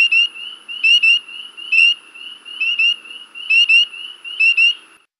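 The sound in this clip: Spring peeper calls, high peeps given in quick pairs about once a second, over a fainter steady high background.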